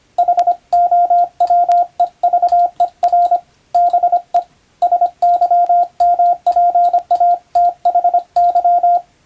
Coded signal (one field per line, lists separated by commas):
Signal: Morse code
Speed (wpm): 25 wpm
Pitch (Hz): 700 Hz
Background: radio noise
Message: HOWEVER BE SYMPATHY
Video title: モールス信号を使用して船と陸との連絡をする船舶通信士！昭和の頃の通信手段です。アマチュア無線の受信トレーニングにどうぞ！YouTubeの再生速度を設定して聞こう morse code practice